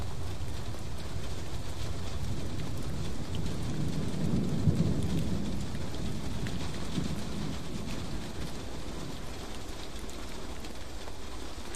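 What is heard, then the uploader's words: Steady rain falls throughout, a dense, even hiss with a low rumbling undertone. Around the middle the low end swells briefly, like a soft roll of thunder, before settling back into the constant patter. Sounds of rain for meditation and relaxation. Rain ambience, The sound of rain, Rain soundscapes.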